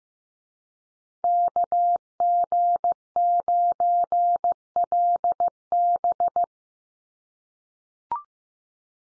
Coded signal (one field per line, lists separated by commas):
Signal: Morse code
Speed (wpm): 15 wpm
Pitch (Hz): 700 Hz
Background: none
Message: KG9LB